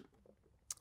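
A plastic flow dial is positioned with its V facing the release and pressed onto a water pitcher lid. After faint handling sounds, it snaps into place with a sharp click at 0.7 s, followed by a softer tick at 0.8 s. The dial is seated.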